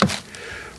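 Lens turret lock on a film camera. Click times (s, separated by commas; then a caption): 0.0 s. The lens turret lock on an old film camera, whose four lenses sit on a rotating turret, is unlocked. A sharp tap at 0.0 s marks the lock releasing, followed by a fainter tap at 0.3 s and a quiet tail. The turret lock is released.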